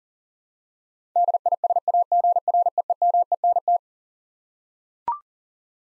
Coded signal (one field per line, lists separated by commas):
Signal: Morse code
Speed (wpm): 40 wpm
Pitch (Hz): 700 Hz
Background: none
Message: DISAGREEMENT